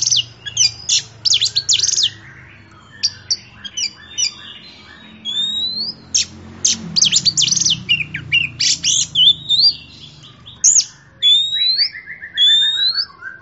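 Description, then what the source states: Oriental magpie-robin in long varied song: quick chips, buzzy trills and clear upslurred whistles, with a descending series of short notes near the end. Champion bird.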